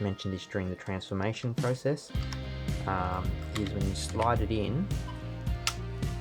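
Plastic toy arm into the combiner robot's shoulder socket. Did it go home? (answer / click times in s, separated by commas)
yes / 5.7 s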